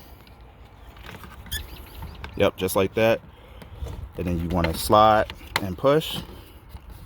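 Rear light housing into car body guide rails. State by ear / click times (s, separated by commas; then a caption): not seated / none. A plastic rear light housing on a 2014 Audi A6 3.0T Prestige Quattro (C7), removed while changing the reverse light to LED, is lined up on its plastic guide rails in the car body while someone talks. Faint plastic handling ticks and taps sound under the speech as the housing is readied to slide and push into place. Nothing has seated or clicked yet.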